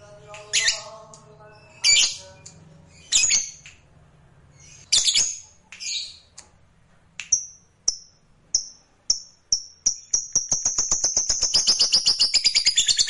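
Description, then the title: Lovebird calls and trill: harsh shrieks, then short clipped notes speeding up into a long, fast, high trill. Fighter lovebird giving ngekek panjang, a long ngekek. "Suara Lovebird FIGHTER NGEKEK PANJANG"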